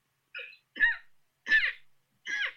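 Four short, stifled bursts come roughly every half second to second, each held in the throat with a squeezed, clipped sound rather than a full open cough. It is an adult's deliberate imitation of a cough being muffled down instead of coughed out fully.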